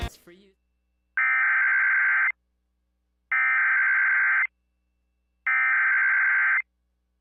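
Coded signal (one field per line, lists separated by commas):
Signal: Emergency Alert System (SAME) tones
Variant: header bursts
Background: speech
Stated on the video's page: Mix of EAS alerts: weekly tests, local area emergencies and civil emergency messages.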